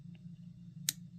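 The blade of an Urban EDC Supply Minimalist folding knife is worked into its handle detent, and it snaps in with one sharp, bright click at 0.9 s over a low steady hum, after a faint tick at 0.2 s. The blade seats firmly in the detent with a clean click and no detent lash.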